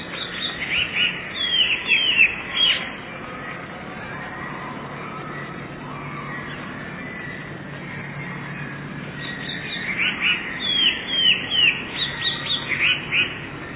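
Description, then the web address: Eurasian blue tit song: bursts of quick, downslurred chirps in the first three seconds and again from ten seconds on, with a quieter stretch between. "wroblowe teka spiew. modraszkoteka"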